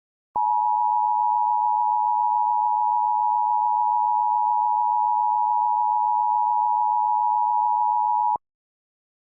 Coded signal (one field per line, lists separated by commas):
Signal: Emergency Alert System (SAME) tones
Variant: 853 and 960 Hz attention tone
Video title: EAS Scenario: "2nd Civil War" REMASTERED